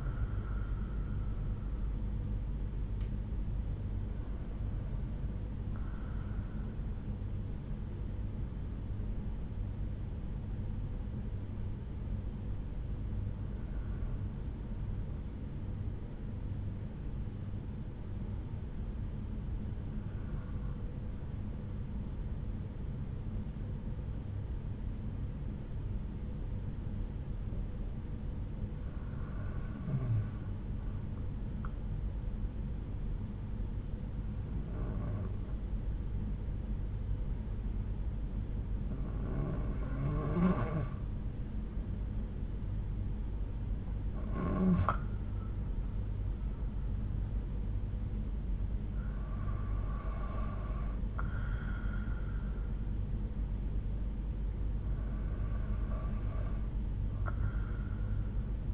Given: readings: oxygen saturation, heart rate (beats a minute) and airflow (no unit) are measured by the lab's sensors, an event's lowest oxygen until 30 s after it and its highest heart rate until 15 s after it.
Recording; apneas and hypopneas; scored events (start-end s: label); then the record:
breathing in sleep by a smartphone at the bedside; 1
9.00-40.30 s: hypopnea (N2, oxygen 96% highest, then 91% lowest)
From the record:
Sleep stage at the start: N2 (light sleep); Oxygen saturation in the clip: 90 to 96%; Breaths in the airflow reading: 10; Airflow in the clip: -6.3 to 5.8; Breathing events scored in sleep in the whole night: 368 in 8.0 hours asleep